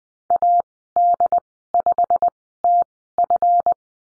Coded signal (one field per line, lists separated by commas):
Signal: Morse code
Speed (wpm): 20 wpm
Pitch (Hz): 700 Hz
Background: none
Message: AD5TF